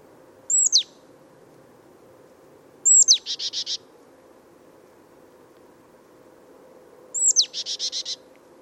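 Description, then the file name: Marsh Tit call: a high downslurred whistle given three times, twice followed by a short, buzzy, rapid chatter of several notes. "Poecile palustris"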